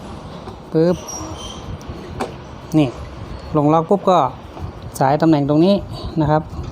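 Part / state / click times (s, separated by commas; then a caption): fan component into the fan motor housing / not seated / none. While a Hatari electric fan with a blown thermal fuse is being reassembled, a fan component is positioned over the fan motor housing and handled into place as someone talks. A brief faint knock comes at about 1.8 s and a short sharp tick at about 2.2 s, but nothing has seated or clicked into its lock yet.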